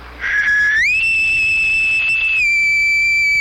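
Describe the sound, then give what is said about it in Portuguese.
A person whistles one long, loud, steady call that slides up in pitch early on, holds high, then steps down slightly and sustains to the end, with no talking. “Cara, eu não sei se eu vou conseguir assobiar agora pra você, por causa eu andei tendo uma falha.”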